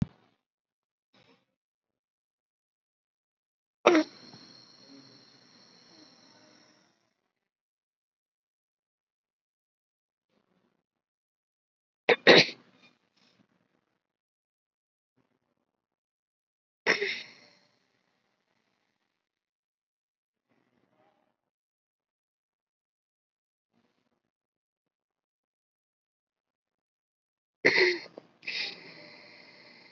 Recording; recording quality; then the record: deep breathing; moderate, slight background noise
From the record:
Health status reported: COVID-19 positive, mild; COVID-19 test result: positive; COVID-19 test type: RT-PCR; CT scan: not taken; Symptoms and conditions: none ticked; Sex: female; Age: 74 years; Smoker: no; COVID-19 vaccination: both doses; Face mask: not worn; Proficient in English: no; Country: India